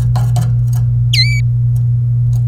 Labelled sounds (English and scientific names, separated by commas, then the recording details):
Domestic Canary (Serinus canaria) song
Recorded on 27 April 2018 at 08:07
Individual llb3